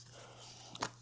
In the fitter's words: This just simply goes right back in this tray right here, snaps in place.